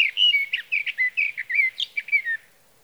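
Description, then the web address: Sage thrasher singing a rapid warbling run of about a dozen varied notes lasting about two and a half seconds, background quiet. "birdsongforthecurious Sage Thrasher"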